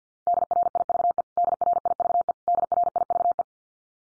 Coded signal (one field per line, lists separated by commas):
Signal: Morse code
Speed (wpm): 50 wpm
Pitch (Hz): 700 Hz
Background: none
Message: DRIVE DRIVE DRIVE